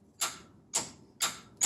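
A torque wrench set to 18 ft-lbs (25 Nm) tightens the engine oil drain plug on an Audi Q7 TDI oil pan. Four short, sharp bright clicks sound about half a second apart, at roughly 0.2, 0.8, 1.2 and 1.6 seconds. The clicks at 0.8 and 1.2 seconds are the wrench reaching its torque setting.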